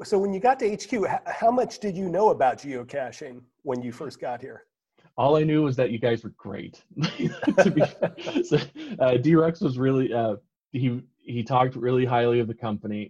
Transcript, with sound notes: So when you got to HQ, how much did you know about Geocaching when you first got here?
All I knew was that you guys were great.. [laughter] D-Rux was really… He talked really highly of the company.